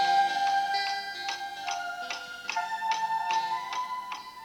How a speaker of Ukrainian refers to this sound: Тихо щокують ходики.